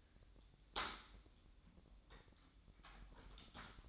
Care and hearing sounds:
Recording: daily activity, microphone in the room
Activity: typing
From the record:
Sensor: 3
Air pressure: 1007.6 hPa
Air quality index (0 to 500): 60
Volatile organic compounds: 1 ppm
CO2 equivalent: 611 ppm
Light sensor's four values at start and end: 11/26/11/11 and 11/26/11/11

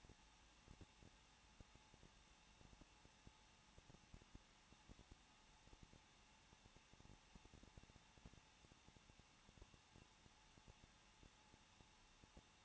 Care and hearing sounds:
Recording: daily activity, microphone in the room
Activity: no activity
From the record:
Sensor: 1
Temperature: 20.1 degrees Celsius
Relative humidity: 39.1%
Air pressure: 1006.4 hPa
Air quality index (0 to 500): 217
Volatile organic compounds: 75 ppm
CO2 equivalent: 3563 ppm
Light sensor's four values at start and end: 1/2/1/1 and 1/2/1/1

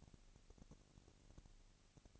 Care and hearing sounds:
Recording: daily activity, microphone in the room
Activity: no activity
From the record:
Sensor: 4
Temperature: 22.5 degrees Celsius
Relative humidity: 33.4%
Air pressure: 999.7 hPa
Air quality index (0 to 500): 230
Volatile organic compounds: 20 ppm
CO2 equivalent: 2703 ppm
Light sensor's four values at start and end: 2/3/1/1 and 2/3/1/1

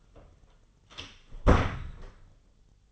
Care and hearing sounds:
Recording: daily activity, microphone in the room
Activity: close door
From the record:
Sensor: 4

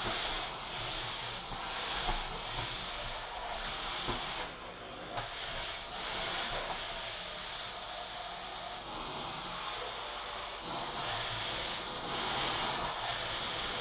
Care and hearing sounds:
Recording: daily activity, microphone in the room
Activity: vacuum cleaning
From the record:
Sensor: 5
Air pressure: 991.2 hPa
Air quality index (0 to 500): 122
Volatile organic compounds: 47 ppm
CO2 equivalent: 3247 ppm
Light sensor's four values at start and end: 35/111/42/45 and 34/108/41/43

